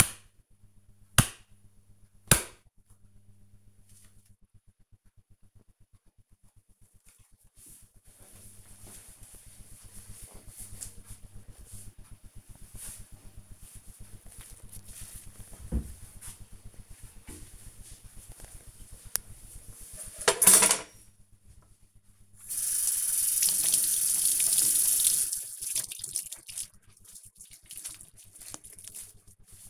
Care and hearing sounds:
household activities, microphone on the right wrist
21.74-29.70 s: cleaning table

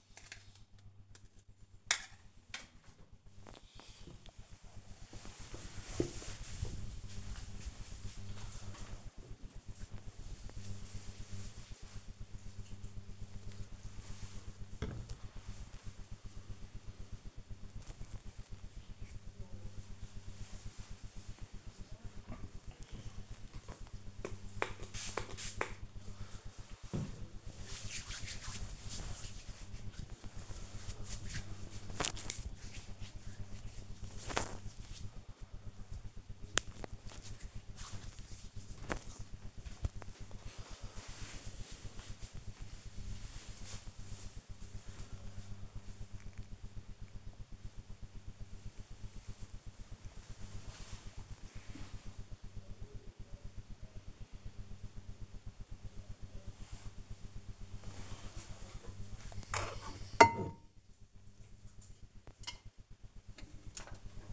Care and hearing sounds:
household activities, microphone on the right wrist
0.00-2.18 s: cutting vegetables
23.30-38.38 s: disinfecting hands
43.48 s: note: voice
58.46-64.33 s: washing dishes

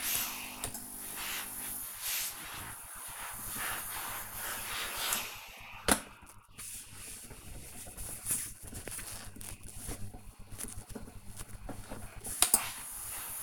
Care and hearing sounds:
household activities, microphone on the right wrist
0.00-13.43 s: ironing laundry

